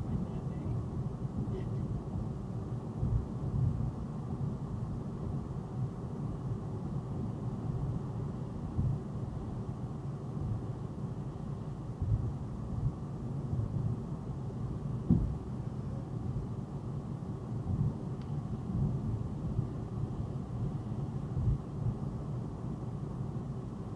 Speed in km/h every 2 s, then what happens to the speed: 95, 98, 100, 100, 97, 92, 92, 92, 93, 93, 93, 95.
3-10 slows to 92. 10-24 steady at about 93.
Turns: none.